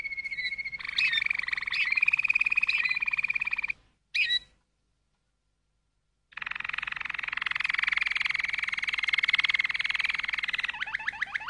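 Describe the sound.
Canary song: a rapid, steady trill held for several seconds, a short burst, then a brief silence before a dense, buzzy roll resumes and ends in quick rising notes.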